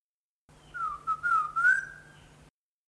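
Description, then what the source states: Bird giving a single drawn-out whistled call, a slurred wavering note that dips and then rises gently before fading. Recorded in Papua New Guinea.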